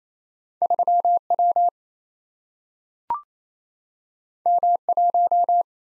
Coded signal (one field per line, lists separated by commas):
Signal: Morse code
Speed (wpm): 27 wpm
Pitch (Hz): 700 Hz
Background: none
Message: 3W M1